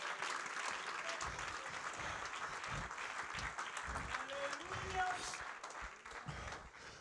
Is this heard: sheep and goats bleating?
no